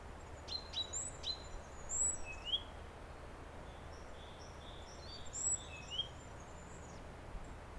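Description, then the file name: Great tit call notes, rising and whistled, following a few sharp clicks, with a soft series of short high notes in between. "Parus major"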